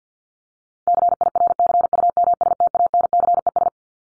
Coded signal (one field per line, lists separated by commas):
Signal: Morse code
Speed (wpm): 50 wpm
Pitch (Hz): 700 Hz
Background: none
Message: CIRCUMSTANCES